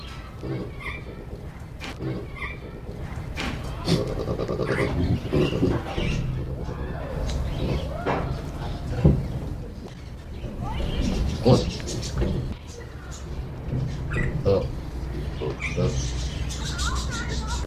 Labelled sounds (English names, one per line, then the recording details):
Hamadryas Baboon call
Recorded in captivity
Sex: group
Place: Tierpark Görlitz, Sachsen, DE
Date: 1988-02-24 10:31
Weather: bedeckt, ca. 0°C
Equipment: Nagra SN
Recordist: Tembrock, Günter
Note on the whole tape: Gruppe (ein Männchen, fünf Weibchen): diverse Laute, dann nach Fütterung bzw. bei Futtersuche